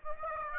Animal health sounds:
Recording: mosquito wingbeat signal from an infrared sensor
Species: Aedes aegypti

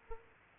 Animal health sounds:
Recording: mosquito wingbeat signal from an infrared sensor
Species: Aedes aegypti

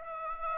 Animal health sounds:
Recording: mosquito wingbeat signal from an infrared sensor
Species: Aedes aegypti

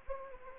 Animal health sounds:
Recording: mosquito wingbeat signal from an infrared sensor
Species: Anopheles gambiae

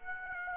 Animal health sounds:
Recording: mosquito wingbeat signal from an infrared sensor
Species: Aedes aegypti

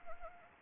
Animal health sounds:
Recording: mosquito wingbeat signal from an infrared sensor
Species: Anopheles arabiensis

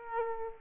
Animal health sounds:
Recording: mosquito wingbeat signal from an infrared sensor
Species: Aedes aegypti

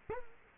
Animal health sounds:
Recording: mosquito wingbeat signal from an infrared sensor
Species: Culex quinquefasciatus

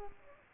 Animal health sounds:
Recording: mosquito wingbeat signal from an infrared sensor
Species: Aedes aegypti

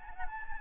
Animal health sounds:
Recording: mosquito wingbeat signal from an infrared sensor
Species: Anopheles gambiae

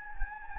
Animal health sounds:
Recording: mosquito wingbeat signal from an infrared sensor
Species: Anopheles gambiae

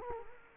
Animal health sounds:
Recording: mosquito wingbeat signal from an infrared sensor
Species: Culex quinquefasciatus

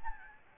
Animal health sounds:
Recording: mosquito wingbeat signal from an infrared sensor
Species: Aedes albopictus

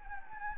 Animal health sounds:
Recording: mosquito wingbeat signal from an infrared sensor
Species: Anopheles gambiae

